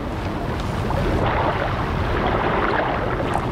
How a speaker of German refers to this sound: Schon sprudelt es wie eine Quelle. Es plätschert der Bach. Es rauschen Strom und Wasserfall.